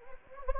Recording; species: mosquito wingbeat signal from an infrared sensor; Anopheles arabiensis